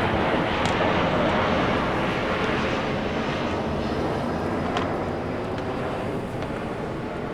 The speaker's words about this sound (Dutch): Dat hoor je normaal gesproken niet, hè? Maar het is echt ontzettend luid. De vliegtuigen? Ja.